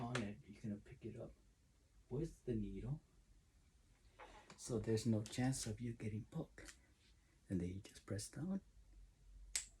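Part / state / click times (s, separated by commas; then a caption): needle safety cap closing over a syringe needle / seated / 9.6 s. A used injection needle on a syringe is scooped into its plastic safety cap, and the cap is pressed down until it clamps shut. Someone talks throughout, and then a sharp, small click is heard at 9.6 seconds as the safety cap seats over the needle.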